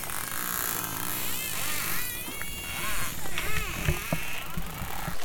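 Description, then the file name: Dolphin sounds: looping, wavering whistles and scattered sharp clicks over dense, continuous noise. "Delfino"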